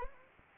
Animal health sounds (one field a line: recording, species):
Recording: mosquito wingbeat signal from an infrared sensor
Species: Anopheles arabiensis